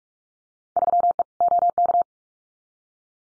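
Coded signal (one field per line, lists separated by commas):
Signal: Morse code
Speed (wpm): 46 wpm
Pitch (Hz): 700 Hz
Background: none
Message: 3E OK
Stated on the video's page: Field Day exchange head-copy drill at 45 wpm, randomly selected exchanges, each sent in Morse, spoken, then sent again.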